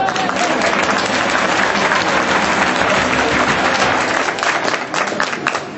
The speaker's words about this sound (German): Jens Börnsen, der Bürgermeister, und er ist gleichzeitig auch Kultursenator. Ein Applaus für Jens Börnsen.